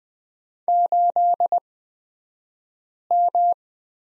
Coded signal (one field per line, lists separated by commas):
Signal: Morse code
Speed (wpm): 20 wpm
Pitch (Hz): 700 Hz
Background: none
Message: 8M